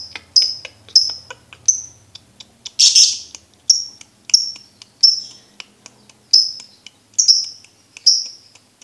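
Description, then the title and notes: Lovebird chattering: sharp, high squeaky chirps repeated in a steady series, with one harsh burst partway through. Training recording for birds to learn the ngekek song style. "MASTERAN BURUNG. Belajar Ngekek. lofbet"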